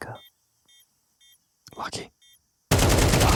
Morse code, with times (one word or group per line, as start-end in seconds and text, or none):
none